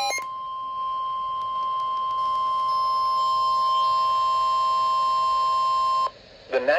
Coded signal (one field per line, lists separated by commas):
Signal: Emergency Alert System (SAME) tones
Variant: 1050 Hz attention tone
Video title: NOAA Weather Radio